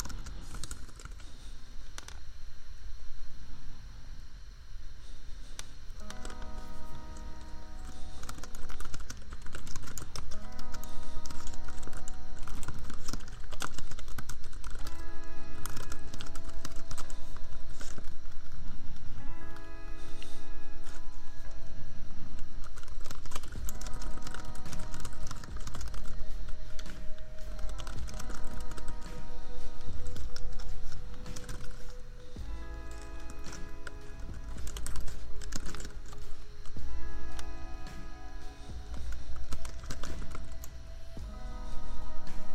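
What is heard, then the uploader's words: Keyboard tapping clatters over a steady low hum while a mellow looping beat with repeating tones plays throughout, the chords changing every few seconds. Typing. Just a lazy evening of keyboard tapping, royalty-free lofi beats, and an annoying laptop fan hum that no amount of equalizers or compressors could ever truly remove.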